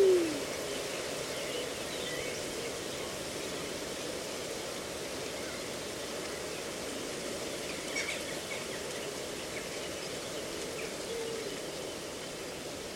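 A reedbed at Slapton Ley gives off a steady, dense hiss, like wind moving through reeds, holding an even level for the whole thirteen seconds. A brief louder onset opens the clip, and faint short chirps surface around eight and eleven seconds.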